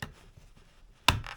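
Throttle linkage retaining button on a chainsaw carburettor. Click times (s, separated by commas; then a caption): 1.1 s. During a carburettor change on a Husqvarna 435/440 chainsaw, a screwdriver prises upward on the small plastic retaining button of the throttle linkage, low down near the carburettor. A faint tap is heard, then a sharp, loud snap at 1.1 s as the clip releases, followed by brief scraping. The button snaps open easily and the linkage is released.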